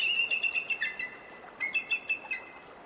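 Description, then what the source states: Bald Eagle calling in quick, squeaky staccato notes, a fast run followed by a brief pause and a second chittering series. Adult Bald Eagles, in a piece on the courtship cartwheel display, where pairs lock talons high in flight and tumble toward the ground.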